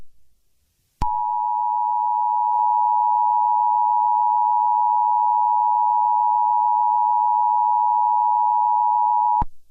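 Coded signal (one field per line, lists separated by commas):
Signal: Emergency Alert System (SAME) tones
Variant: 853 and 960 Hz attention tone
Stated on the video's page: Fictional EAS scenario about a Slenderman rampage in London.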